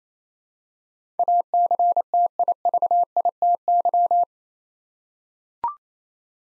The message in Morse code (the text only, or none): ACTIVITY